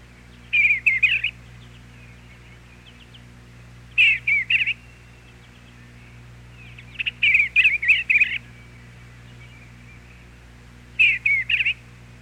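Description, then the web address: Eastern bluebird song: brief warbling phrases of rich, slurred notes, repeated four times a few seconds apart, with a low hum underneath. "101 Bird Songs. Eastern Bluebird"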